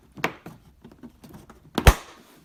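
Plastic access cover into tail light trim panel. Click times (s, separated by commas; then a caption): 1.8 s, 1.9 s. A plastic access cover on a VW Golf GTI R MK7 tail light trim panel is hooked in by its two tabs, then pushed until it snaps back into place. A few soft taps and rustles lead up to a sharp double snap at 1.8 and 1.9 seconds as the cover seats.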